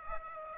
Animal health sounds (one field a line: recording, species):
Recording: mosquito wingbeat signal from an infrared sensor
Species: Aedes aegypti